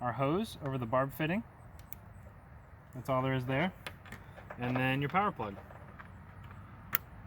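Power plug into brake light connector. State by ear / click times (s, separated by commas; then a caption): seated / 6.9 s. While someone talks about a third brake light replacement on a 2013-or-newer Ford Escape, with the hose back over the barb fitting by the right-side spray orifice, the electrical power plug is pushed onto the brake light's connector. A sharp snap at 7.0 s marks the plug seating, and it is then checked and found not loose.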